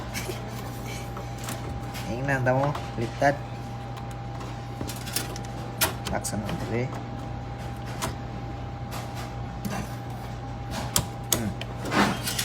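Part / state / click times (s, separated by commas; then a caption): component (likely memory module or CPU retention lever) into motherboard / seated / 11.0 s, 11.3 s. During desktop computer assembly, a part that was first put in the wrong way round is re-fitted and pushed onto the motherboard while someone talks over a steady background hum. Two sharp clicks are heard at about 11.0 s and 11.3 s, and the part locks into place.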